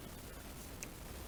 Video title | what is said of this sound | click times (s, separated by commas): Volkswagen Golf mk4 HVAC light bulb replacement | Once you hear it click in there, you'll feel it with the pliers. | 0.8 s